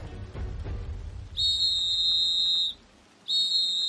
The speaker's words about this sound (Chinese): 城镇中开始响起刺耳的警哨声